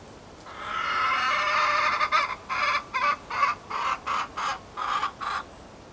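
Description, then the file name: Chicken cackling: a sustained, coarse, wavering note, followed by roughly ten clipped, raspy clucks. Recorded in a henhouse at Appenthal. "poulailler appenthal"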